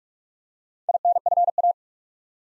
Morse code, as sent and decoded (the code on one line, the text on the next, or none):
.. -. ..-. .-
INFA